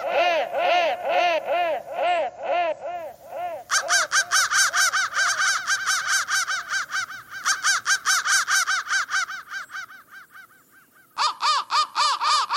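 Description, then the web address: Crow giving lower, rounded calls at first, then fast, harsh, raspy caws repeated in dense bursts, pausing briefly before resuming. "soundfactory crow"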